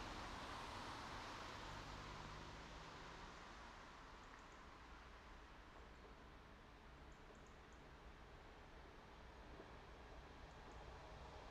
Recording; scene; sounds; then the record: everyday scene through a hearing-aid microphone; in traffic; traffic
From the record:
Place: main road on the outskirts, rush hour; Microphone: in the ear canal, right